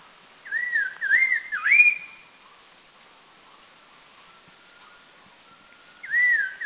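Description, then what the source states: Red-faced Liocichla with a looping whistled phrase of three undulating notes rising to a held final note, a long pause, then the phrase begins again. Recorded at Doi Lang, northern Thailand.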